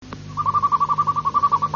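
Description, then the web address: Harz Roller canary song, a low rolling trill of rapid, even pulses held steadily, with a steady low hum behind it. "canarios cantoharz"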